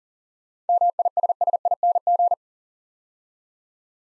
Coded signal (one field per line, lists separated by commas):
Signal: Morse code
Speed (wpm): 42 wpm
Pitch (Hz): 700 Hz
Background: none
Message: MISSING